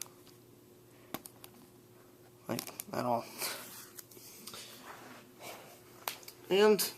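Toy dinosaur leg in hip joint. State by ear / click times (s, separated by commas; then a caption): not seated / none. Someone talks while the plastic leg of a Jurassic World Fallen Kingdom Mattel Wave 2 Roarivores Ceratosaurus dinosaur action figure is moved back and forth through its hip joint, with only a few small handling taps and rustles heard. Unlike most figures in the line, the joint does not click into place at all, and nothing has seated or clicked yet.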